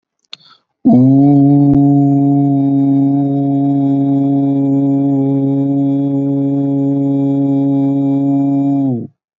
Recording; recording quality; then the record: sustained vowel as in boot; excellent, no background noise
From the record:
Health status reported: healthy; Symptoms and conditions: none ticked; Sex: male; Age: 26 years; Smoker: not ticked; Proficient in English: yes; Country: India